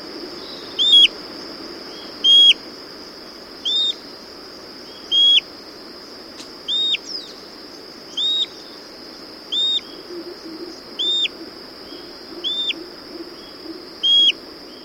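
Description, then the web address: Paltry tyrannulet song: short, clear whistled notes with a quick up-and-down inflection, repeated about every one to one and a half seconds over a steady high insect-like drone. South America. "Natures Songs S America Paltry Tyrannulet"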